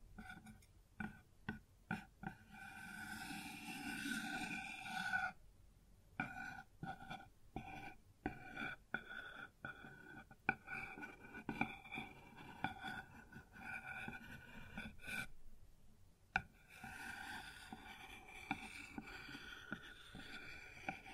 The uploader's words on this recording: ASMR Sounds on Wooden Surface (No Talking).